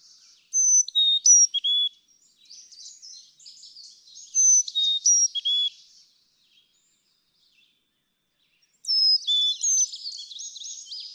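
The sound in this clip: Carolina chickadee song, clear whistled notes alternating high and low, given in three phrases with pauses between, over soft twittering.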